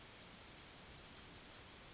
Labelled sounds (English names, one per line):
Yellowhammer song